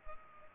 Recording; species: mosquito wingbeat signal from an infrared sensor; Culex pipiens